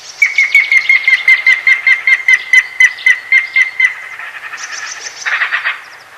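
White-tailed eagle calling, a long quick series of clipped yelping notes, ending in rougher, harsher squeals.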